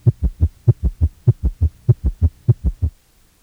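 Rapid triple rhythm at about 100 beats a minute: a summation gallop heard by stethoscope at the cardiac apex of an adult with arteriosclerotic heart disease who has developed left heart failure. The rapid rate makes atrial contraction overlap the rapid ventricular filling phase.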